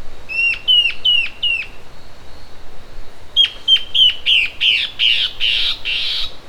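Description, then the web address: Bird calling in two bursts of short, clear, slightly falling notes, four and then several more, the second burst growing harsher and buzzier toward its end. "BIRD SABIOD bird"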